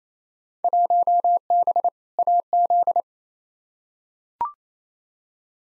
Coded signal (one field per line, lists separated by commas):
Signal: Morse code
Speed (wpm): 28 wpm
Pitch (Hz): 700 Hz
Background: none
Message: 1B AZ